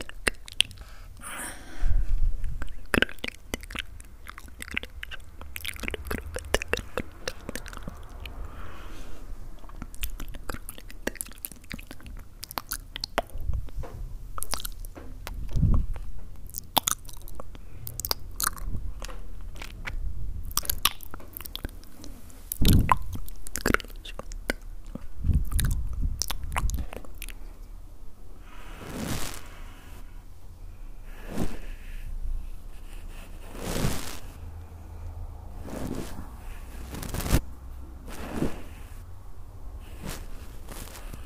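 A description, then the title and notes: Mouth sounds fill the clip: wet clicks, smacks and chewing-like crunches that come in quick irregular clusters over a soft low rumble. The sharpest, loudest pops land around 2, 16, 23, 26 and 34 seconds, with quieter stretches between the bursts. ASMR mouth sound.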